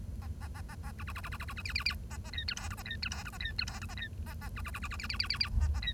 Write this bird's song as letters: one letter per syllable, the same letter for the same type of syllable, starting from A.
A A A A A B B B B B B B B C C C A A D E F G A D E F G A D E F G A D A A B B B B B C C C C C A A D